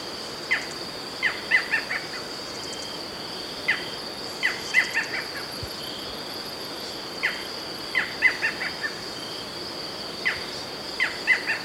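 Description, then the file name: Barred Forest Falcon giving repeated bursts of sharp yelping notes every few seconds; a steady insect drone and a faint high ticking insect run beneath. "Micrastur ruficollis - Barred Forest Falcon"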